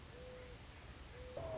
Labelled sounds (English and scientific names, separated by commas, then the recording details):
Mourning Dove (Zenaida macroura)
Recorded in Sonoma County, California